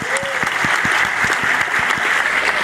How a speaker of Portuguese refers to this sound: Olha lá, salve de palmas aí pro nosso irmão.